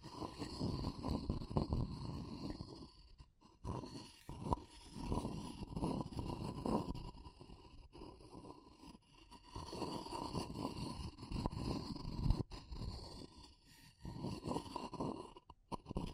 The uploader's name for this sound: Natural Triggers Wood, Bamboo and Straw